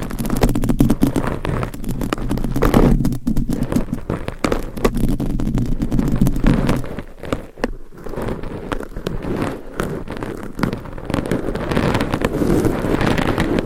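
Scratching and rubbing against a microphone, a dense run of rough, clattering scrapes that never really stops. For the first seven seconds a low rumbling hum sits underneath; after that the scraping turns thinner and more broken, with brief dips before picking up again.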